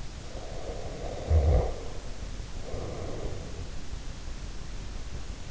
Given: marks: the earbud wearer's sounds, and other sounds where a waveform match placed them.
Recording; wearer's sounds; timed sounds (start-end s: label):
sounds in sleep by an in-ear microphone; snoring breath
0.45-3.64 s: snoring breath